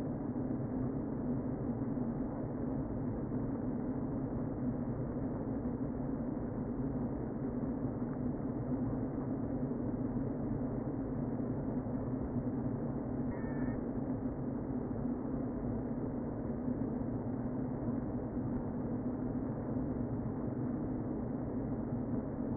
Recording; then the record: honeybee colony, microphone inside the hive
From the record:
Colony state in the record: queen present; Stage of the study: before two queens were removed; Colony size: about 60,000 bees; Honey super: yes